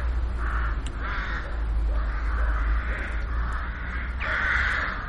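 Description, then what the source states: Crow giving hoarse, drawn-out caws, several in quick succession over a constant low hum. Holophonic recording.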